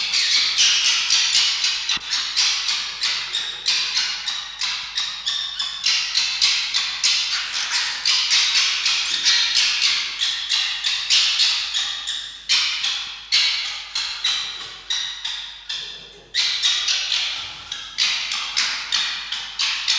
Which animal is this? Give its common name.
Red Fox